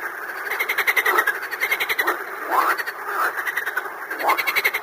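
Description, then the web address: Frogs croaking in a dense chorus, overlapping rattling croaks rising and falling without pause through the whole stretch. "дикие лягушка"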